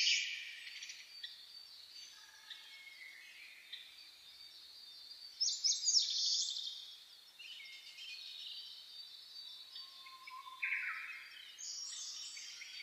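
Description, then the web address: Birds singing in a dawn chorus: mixed high chirps, whistles and trills from several birds, with louder twittering bursts near the middle and end. Dawn chorus twittering (saezuri), recorded 10 May 2010. "reimei -saezuri-20100510-0401"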